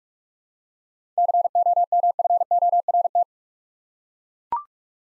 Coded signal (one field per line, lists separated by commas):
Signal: Morse code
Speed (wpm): 42 wpm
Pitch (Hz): 700 Hz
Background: none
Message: COMFORT